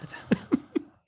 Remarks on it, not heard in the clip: I got a cough. I cough like this.